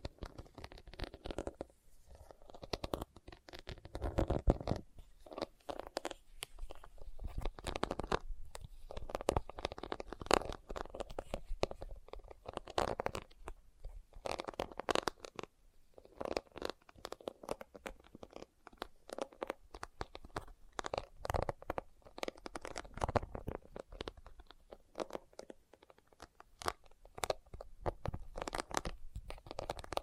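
Leather is tapped and scratched in a dense, irregular stream of quick, dry clicks and rustles, with soft low rumbling scrapes throughout.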